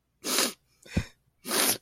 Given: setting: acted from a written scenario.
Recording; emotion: vocal sound without words; sadness